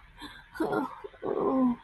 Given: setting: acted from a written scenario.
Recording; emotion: vocal sound without words; sympathy